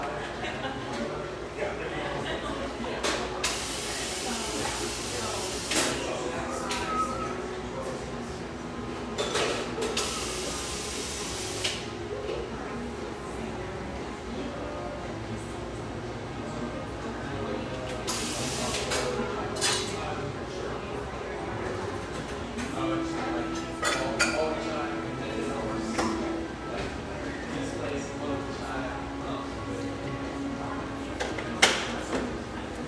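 A busy café with a steady murmur of overlapping voices throughout. Bursts of hissing noise, like a milk steamer or sliding door, flare around 4–6, 9–12 and 18–20 seconds, while dishes clink now and then, with a sharp clink near the end.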